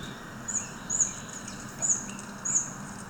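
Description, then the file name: Hawfinch calls: a few very high, thin, short ticking notes spaced well apart, over a quiet hissing background. "kernbeißer"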